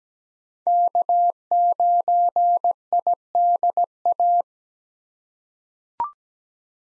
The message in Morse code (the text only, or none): K9IDA